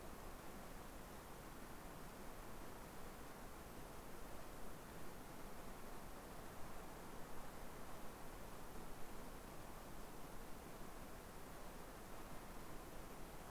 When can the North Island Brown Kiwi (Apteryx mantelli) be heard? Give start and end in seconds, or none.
none